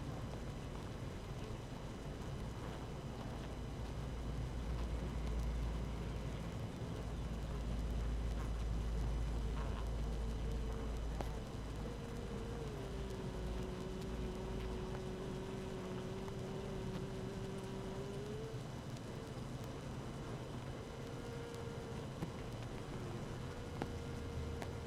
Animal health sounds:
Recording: honeybee colony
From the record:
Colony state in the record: active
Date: 12 June 2018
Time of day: 7:04

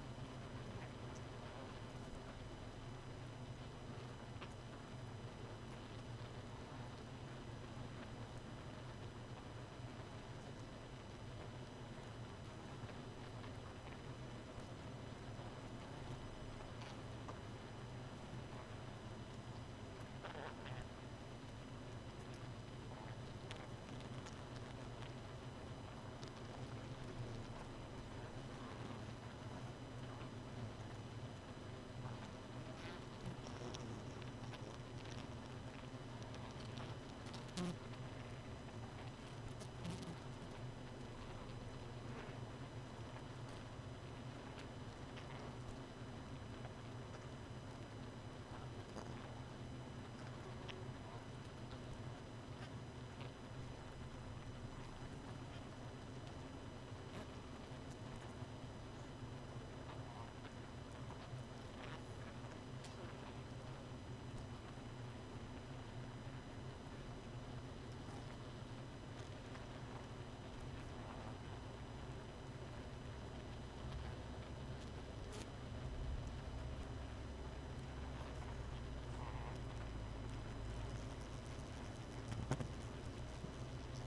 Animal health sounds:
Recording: honeybee colony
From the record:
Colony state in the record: missing queen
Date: 31 May 2018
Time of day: 2:08

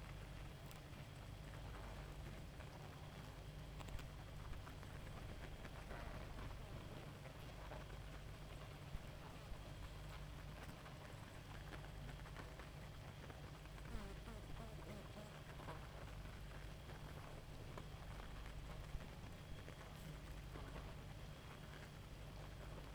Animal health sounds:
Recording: honeybee colony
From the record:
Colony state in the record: active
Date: 28 July 2017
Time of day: 0:31

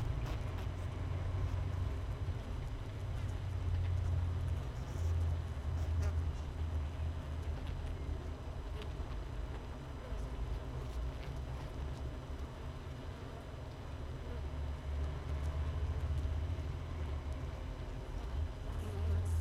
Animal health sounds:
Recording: honeybee colony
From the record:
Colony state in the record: missing queen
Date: 31 May 2018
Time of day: 6:35

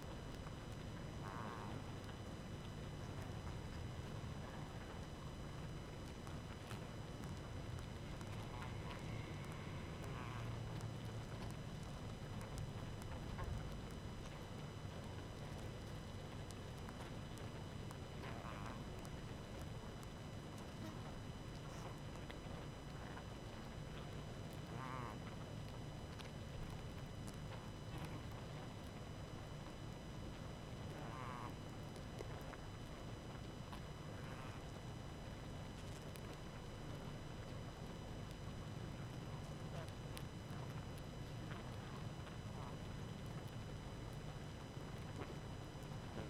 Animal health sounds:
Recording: honeybee colony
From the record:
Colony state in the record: active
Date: 12 June 2018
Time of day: 20:19

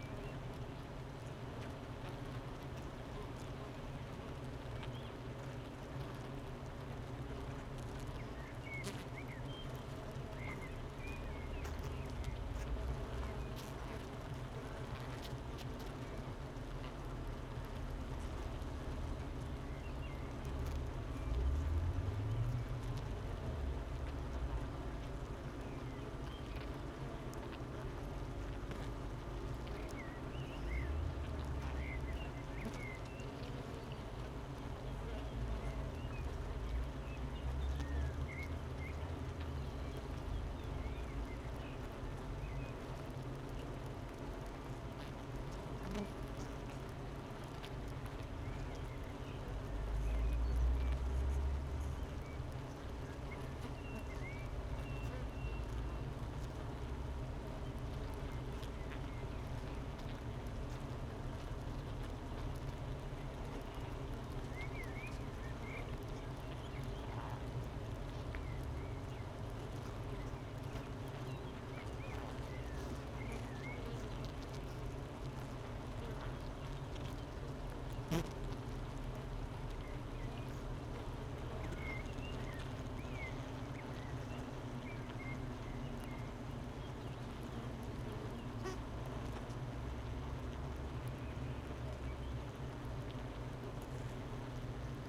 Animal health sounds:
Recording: honeybee colony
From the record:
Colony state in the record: missing queen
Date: 31 May 2018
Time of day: 9:16

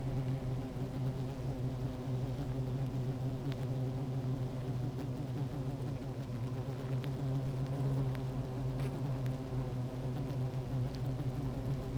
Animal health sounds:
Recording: honeybee colony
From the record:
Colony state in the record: active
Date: 28 July 2017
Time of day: 16:06

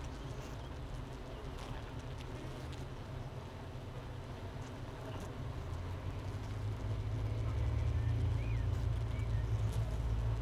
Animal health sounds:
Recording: honeybee colony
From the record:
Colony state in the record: missing queen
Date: 31 May 2018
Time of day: 7:49

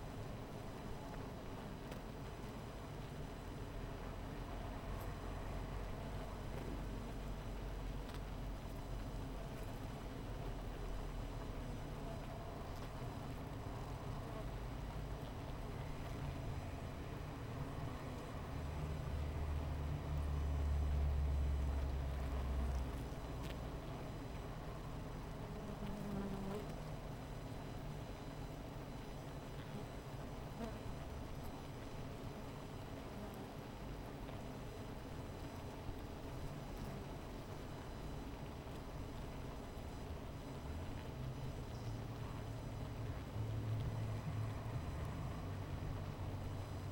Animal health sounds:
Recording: honeybee colony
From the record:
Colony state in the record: missing queen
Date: 14 July 2017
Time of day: 16:51

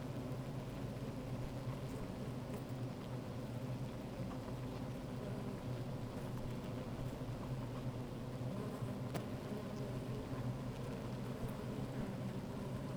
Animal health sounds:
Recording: honeybee colony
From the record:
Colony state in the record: active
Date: 28 July 2017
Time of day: 13:44

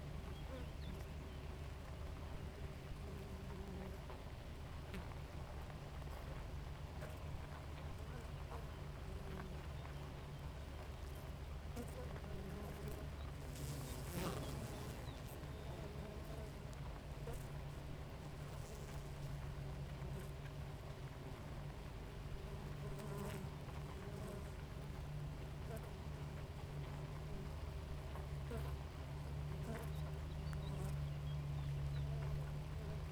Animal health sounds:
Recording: honeybee colony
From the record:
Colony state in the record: active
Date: 28 July 2017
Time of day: 4:40

